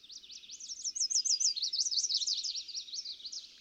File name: Chestnut-sided Warbler